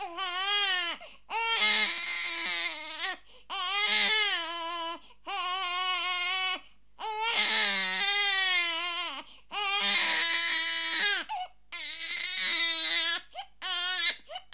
Angry baby crying sound effect.